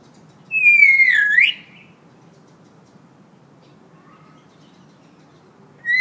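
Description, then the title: Hill myna gives one loud, long whistle that slides down and then sharply up, followed by near silence and the start of another note at the end. Vocal ('gacor') hill myna; tutor audio (masteran) for training birds. "Suara Burung Beo Gacor Cocok Untuk Masteran"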